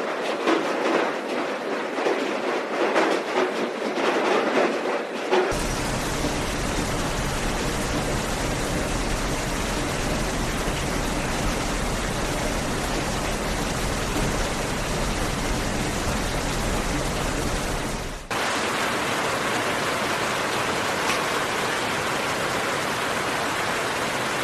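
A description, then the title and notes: Rain falls as a steady, dense hiss with no separate drops standing out. Around five seconds a deep, rumbling layer abruptly joins it, and near eighteen seconds that low rumble cuts out, leaving a thinner hiss to the end. Serene Rain.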